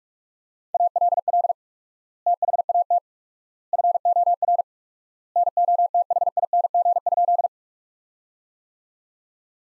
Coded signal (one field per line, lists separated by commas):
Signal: Morse code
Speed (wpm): 41 wpm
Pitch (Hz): 700 Hz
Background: none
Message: ALL THAT FOR NOTHING?